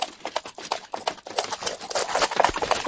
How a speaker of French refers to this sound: Soudain, on entend venir de loin un cheval au trot.